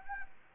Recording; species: mosquito wingbeat signal from an infrared sensor; Anopheles arabiensis